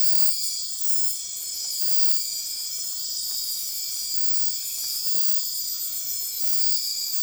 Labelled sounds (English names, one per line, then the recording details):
none
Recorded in dense forest near Puerto Asís, Putumayo, Colombia, on 18 February 2024 at 03:00
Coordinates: 0.502, -76.326
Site G6460